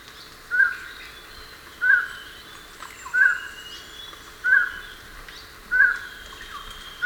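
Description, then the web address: Highland tinamou giving five short, evenly spaced calls roughly a second and a quarter apart. Recorded in Ecuador. "Birds of Ecuador. Highland Tinamou"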